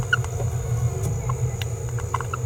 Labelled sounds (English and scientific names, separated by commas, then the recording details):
Green-rumped Parrotlet (Forpus passerinus) babbling
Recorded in a nest box in Venezuela
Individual 18B17A5